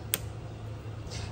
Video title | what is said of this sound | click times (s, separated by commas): How to Install a New Air Conditioning Line on a Jeep Renegade 2015 - 2018. DIY | and this will also click into place. | 0.1 s